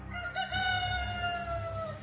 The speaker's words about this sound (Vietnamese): Tôi không sao ngủ được nữa, chỉ đành ngồi dựa lưng vào tường, chờ tiếng gà trống gáy và tiếng chim hót líu lo bên ngoài báo hiệu trời sáng.